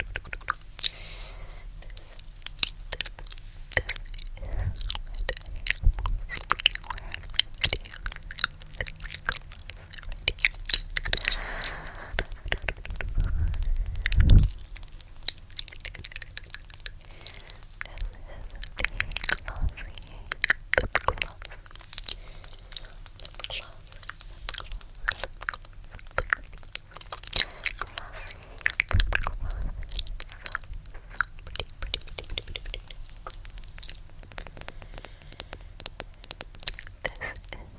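Gentle tapping and wet mouth sounds click and smack rapidly throughout, with a low hum underneath and a louder thump near fourteen seconds.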